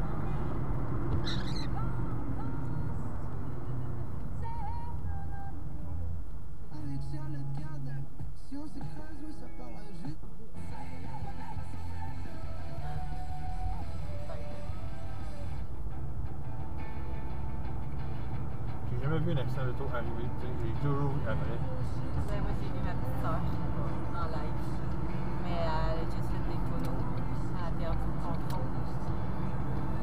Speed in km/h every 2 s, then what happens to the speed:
41, 30, 20, 11, 7, 6, 11, 17, 24, 31, 37, 42, 43, 42, 45.
0-10 brakes to 6. 10-22 speeds up to 42. 22-30 steady at about 42.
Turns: none.